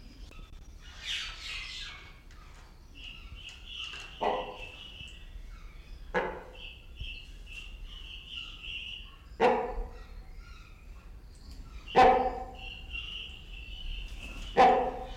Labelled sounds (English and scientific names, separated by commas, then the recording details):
Golden-breasted Starling (Lamprotornis regius)
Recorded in captivity
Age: adult
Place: Zoo Berlin, Berlin, DE
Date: 1992-12-25 10:29
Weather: heiter, -7°C
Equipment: Marantz CP 430, Sennheiser ME 80, Kopie Uher Variocord 263
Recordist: Tembrock, Günter